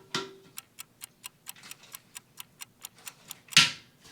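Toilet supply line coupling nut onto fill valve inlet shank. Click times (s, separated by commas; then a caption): 0.6 s, 1.3 s, 1.5 s, 2.8 s, 3.6 s. A toilet supply line's plastic coupling nut is hand-threaded onto the fill valve inlet shank, and its built-in click-limiting safety feature ratchets audibly once it is tight enough, to prevent overtightening and cracking. A steady series of sharp, ticking ratchet clicks is heard, with clicks at 0.6, 1.3, 1.5, 2.9 and 3.6 seconds, the last one loudest. The nut clicks at its set tightness.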